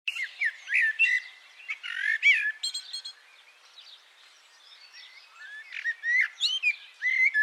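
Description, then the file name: Common blackbird giving quick chirps and sliding whistled notes in a dense burst, then a near-silent gap before another cluster of sharp high notes. "Turdus merula"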